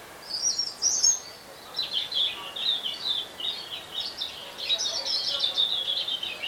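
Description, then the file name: European robin giving a long run of high, liquid warbling that wavers up and down, over low background hiss. "Erithacus rubecula"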